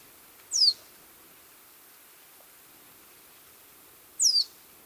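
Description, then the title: Common reed bunting flight calls: two thin, high, sharply descending notes a few seconds apart over faint steady background hiss. On nocturnal migration, recorded 9 October 2013 at Schadebacher Teiche, Germany; migrates singly or in small flocks and flocks at roost. "Common Reed Bunting Emberiza schoeniclus"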